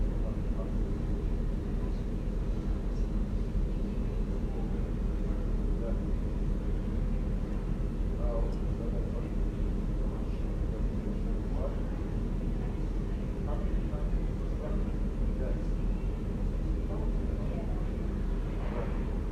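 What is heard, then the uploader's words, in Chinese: An air conditioner's outdoor unit hums steadily in a courtyard on an afternoon, a dense, unchanging low drone throughout. Faint snatches of conversation drift over it every few seconds, becoming a little more frequent toward the end. 午后 空调外机 院子 交谈声。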